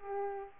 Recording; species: mosquito wingbeat signal from an infrared sensor; Aedes aegypti